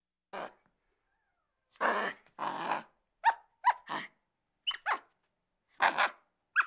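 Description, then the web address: Capuchin monkey calls mixing rough, noisy screams with quick, pinched squeaks that slide downward, delivered in uneven bursts. Angry. "monkey capuchin mad"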